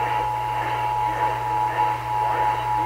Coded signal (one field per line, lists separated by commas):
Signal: Emergency Alert System (SAME) tones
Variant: 853 and 960 Hz attention tone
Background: speech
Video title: Buncha Outta State Tests | EAS Tests From 8/4/20 to 8/6/20 | EAS #130-137